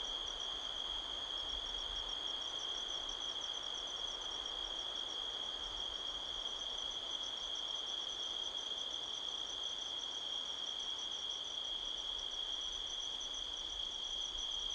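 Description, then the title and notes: Crickets keep up a continuous high-pitched trill with a fainter pulsing chirp layer, over rustling wind in foliage. Crickets heard all around at midnight in a canyon near Sedona, Arizona, USA, on 5 October 2023, with strong wind rustling trees. "Midnight Soundscape, Sedona, Arizona, USA on 5th October 2023 – by Joe Harvey-Whyte. The sound of crickets can be heard all around"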